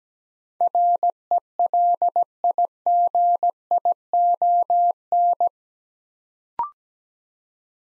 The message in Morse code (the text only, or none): RELIGION